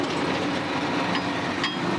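A combine header's steel latch is being handled onto the combine's feeder house, with steady engine noise and a broad rumble throughout. Nothing has seated or clicked yet.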